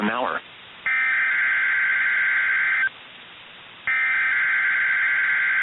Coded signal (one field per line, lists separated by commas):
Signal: Emergency Alert System (SAME) tones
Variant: header bursts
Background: speech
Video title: EAS Iowa/Nebraska Statewide Tornado Drill NOAA Weather Radio (Required Weekly Test)